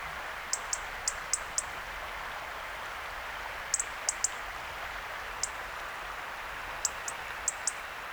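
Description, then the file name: European robin ticking busily with high, sharp notes: a quick run of five, then looser groups of one to three, over a steady rushing hiss. "Erithacus rubecula"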